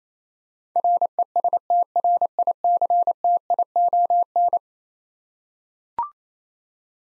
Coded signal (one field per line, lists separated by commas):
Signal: Morse code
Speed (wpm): 28 wpm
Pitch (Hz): 700 Hz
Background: none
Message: RESTRICTION